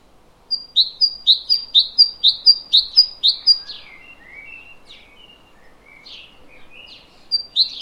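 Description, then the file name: Great tit song: a long fast run of bright two-note phrases, high and clipped, then softer lower chirps and another short burst at the end. "Parus major"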